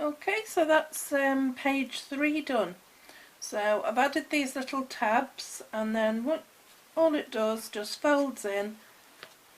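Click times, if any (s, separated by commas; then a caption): 9.2 s. A folding paper flap on a handmade photo album page, fitted with little tabs, is folded in while someone talks. Its hidden magnetic closure snaps shut with a short, sharp click at 9.2 s.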